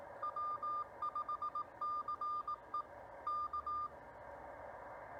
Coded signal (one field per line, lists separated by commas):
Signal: Morse code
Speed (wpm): 18 wpm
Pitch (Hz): 1200 Hz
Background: none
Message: W5CE K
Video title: CW POTA, Follow along with me.